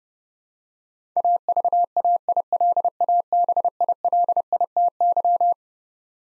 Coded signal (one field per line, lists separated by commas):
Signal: Morse code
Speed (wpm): 32 wpm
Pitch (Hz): 700 Hz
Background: none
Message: AVAILABILITY